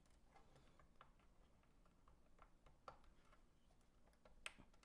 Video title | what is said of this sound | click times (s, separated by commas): Transplanting the Guts Part 2 | And you heard the clicks. | 4.5 s